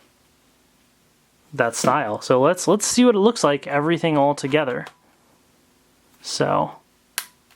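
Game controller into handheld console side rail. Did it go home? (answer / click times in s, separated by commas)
yes / 7.2 s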